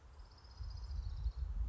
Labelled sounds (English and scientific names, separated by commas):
Orange-crowned Warbler (Leiothlypis celata)